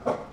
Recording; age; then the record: pig call; growing-finishing pig (85 days or more)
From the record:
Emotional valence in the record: positive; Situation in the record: run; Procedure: transit